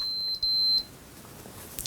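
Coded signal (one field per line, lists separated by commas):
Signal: beep code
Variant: PS4 console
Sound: high steady electronic beep, about two short beeps, then quiet room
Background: quiet room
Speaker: And you heard the beeping. Now you saw the message on the screen, you heard the 3 beeps.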